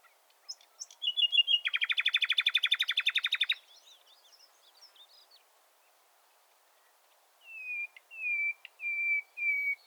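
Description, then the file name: Common nightingale song: a few sharp whistles, then a fast, even, buzzy rattle of repeated notes, a pause, and a series of clear, slightly falling whistled notes. "Luscinia megarhynchos"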